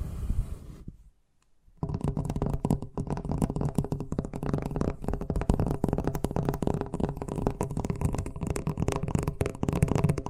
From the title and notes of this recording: ASMR Braingasm Inducing Fast Tapping (No Talking).